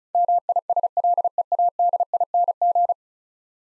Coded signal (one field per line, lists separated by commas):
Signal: Morse code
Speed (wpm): 36 wpm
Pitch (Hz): 700 Hz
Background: none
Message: MISLEADING